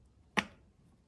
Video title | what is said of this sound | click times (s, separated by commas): Kawasaki ZX6R Sputtering Problem. | here it snap into place | 0.4 s